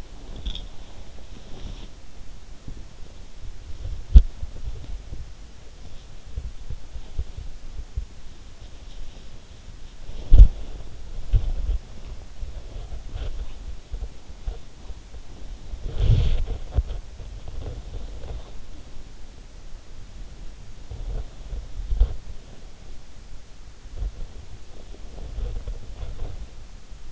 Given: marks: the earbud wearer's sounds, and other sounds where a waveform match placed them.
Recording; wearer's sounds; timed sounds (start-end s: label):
sounds in sleep by an in-ear microphone; body movement
0.00-27.12 s: body movement